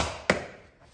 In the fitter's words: We're gonna tuck the wires down in the hole, lining up these pins before you snap it in place.